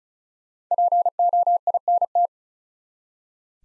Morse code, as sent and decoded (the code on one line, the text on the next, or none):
.--. --- .. -. -
POINT